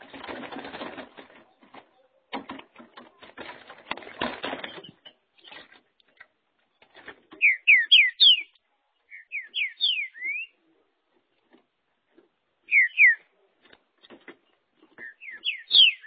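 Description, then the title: Green-winged saltator song: short phrases of clear whistled notes from about 7 seconds on, after several seconds of rustling and clattering noise. "Trinca Ferro"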